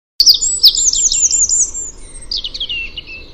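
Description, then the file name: Eurasian wren song: a sudden burst of very high, rapid warbled trills, dropping slightly lower in the later part. "Troglodytes troglodytes"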